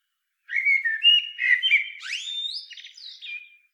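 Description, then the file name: Eurasian blackbird song: a long continuous phrase of mellow warbled whistles rising into clear high slurred notes and a final squeaky twitter. "Turdus merula"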